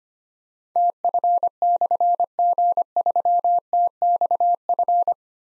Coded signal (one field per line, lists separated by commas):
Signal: Morse code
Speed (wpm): 25 wpm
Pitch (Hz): 700 Hz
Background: none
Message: TF/G3TXF